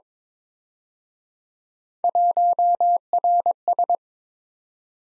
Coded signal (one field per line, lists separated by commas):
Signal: Morse code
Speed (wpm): 26 wpm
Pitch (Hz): 700 Hz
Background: none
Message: 1RS